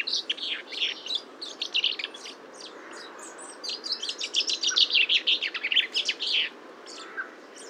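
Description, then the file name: Common chaffinch calling in rapid, uneven series of sharp high chirps, louder and denser in the second half before stopping abruptly near the end. "Fringilla coelebs"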